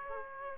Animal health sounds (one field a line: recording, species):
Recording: mosquito wingbeat signal from an infrared sensor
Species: Aedes aegypti